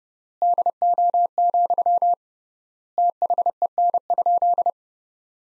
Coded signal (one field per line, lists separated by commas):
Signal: Morse code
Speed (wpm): 30 wpm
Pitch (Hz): 700 Hz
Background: none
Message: DO, THEN?